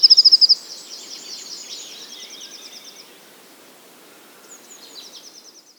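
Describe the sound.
Bird song opening with a brief loud high trill, followed by fainter chirps and trills.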